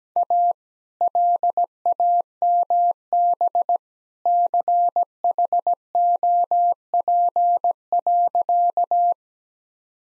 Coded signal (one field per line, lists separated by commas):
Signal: Morse code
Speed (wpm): 17 wpm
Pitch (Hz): 700 Hz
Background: none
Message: A LAMB CHOP.